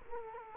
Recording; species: mosquito wingbeat signal from an infrared sensor; Culex quinquefasciatus